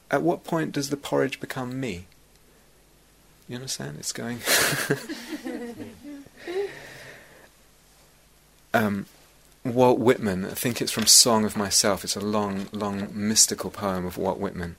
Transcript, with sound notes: At what point does the porridge become me? You understand? It's going... [laughter] Walt Whitman -- I think it's from "Song of Myself." It's a long, long mystical poem of Walt Whitman,